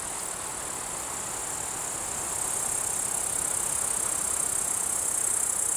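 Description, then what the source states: Bush-cricket stridulation, a continuous shrill high buzz growing louder midway, over a background of mixed insect chirring. Alpine pasture at Vallon de Combeau, Vercors, 7 August 2020 at 16:10; recorded with Nagra recorder and omnidirectional microphone.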